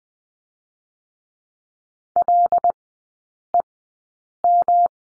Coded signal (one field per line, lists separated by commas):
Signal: Morse code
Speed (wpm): 20 wpm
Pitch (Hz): 700 Hz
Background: none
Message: LEM